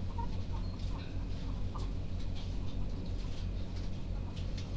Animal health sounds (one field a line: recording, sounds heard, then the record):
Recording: poultry house recording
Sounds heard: healthy chickens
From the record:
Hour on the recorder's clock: 19